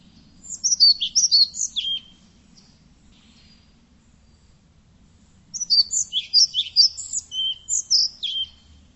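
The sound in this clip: Bird calling in two bursts of quick, high-pitched chirps and twittering notes, the first lasting about a second and a half, the second about three seconds, over a faint low hum.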